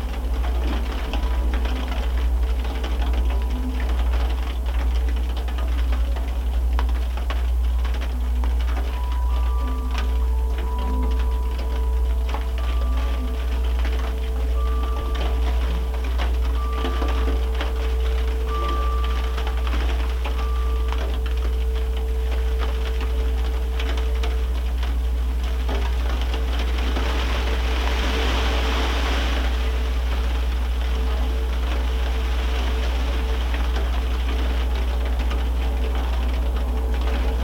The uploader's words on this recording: Recording of snowfall and ambience using a contact microphone attached to a baking sheet. Porch in snowfall Carrollton, OH baking sheet -> JrF Contact Microphone -> Sound Devices MixPre 3. Snowfall and Chimes.